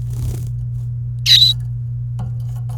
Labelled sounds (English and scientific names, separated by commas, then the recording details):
Domestic Canary (Serinus canaria) song
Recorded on 29 April 2018 at 12:46
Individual llb3